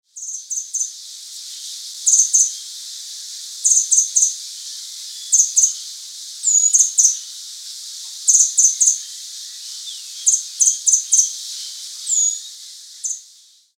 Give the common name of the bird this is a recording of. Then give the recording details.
Red Fody. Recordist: Tembrock, Günter. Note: Rufe